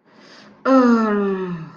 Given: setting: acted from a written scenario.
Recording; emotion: vocal sound without words; disappointment